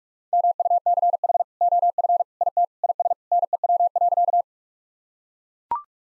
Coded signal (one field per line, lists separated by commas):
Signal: Morse code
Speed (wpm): 41 wpm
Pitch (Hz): 700 Hz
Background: none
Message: MUCH OF IT IS NEW.